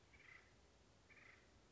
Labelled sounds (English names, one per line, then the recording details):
Acorn Woodpecker
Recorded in Sonoma County, California